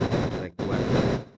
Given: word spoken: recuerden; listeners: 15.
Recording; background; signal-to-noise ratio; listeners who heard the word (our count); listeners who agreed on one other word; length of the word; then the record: one Spanish word in noise, from a listening test; noise modulated by one talker; -10.2 dB; 0 of 15; 8 of 15; 0.97 s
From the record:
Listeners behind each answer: 8, 4, 3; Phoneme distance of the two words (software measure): 17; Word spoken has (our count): 3 syllables, 9 phonemes, stress on syllable 2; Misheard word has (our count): 3 syllables, 8 phonemes, stress on syllable 2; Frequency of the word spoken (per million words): 2.86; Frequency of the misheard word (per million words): 100.82